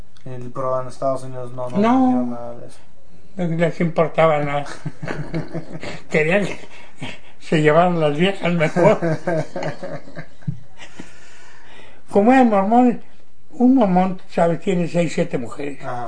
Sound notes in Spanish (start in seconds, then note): 4.6 risas; 8.1 risas